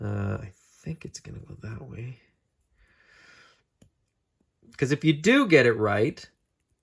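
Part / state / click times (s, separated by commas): plastic spear accessory into action figure hand / not seated / none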